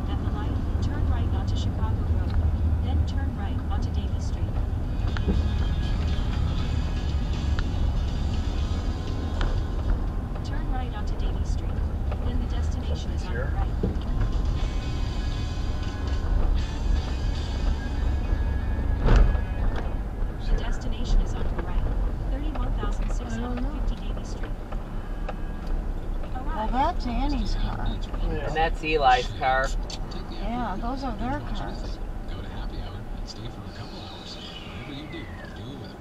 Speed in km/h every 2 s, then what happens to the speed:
34, 32, 27, 24, 26, 29, 23, 23, 23, 21, 18, 13, 11, 10, 10, 10, 0, 0.
0-6 slows to 24. 10-12 slows to 23. 12-19 steady at about 23. 19-23 slows to 11. 23-30 steady at about 10. 30-32 brakes to 0. 32-36 standing.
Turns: 3-8, 17-24, 24-30.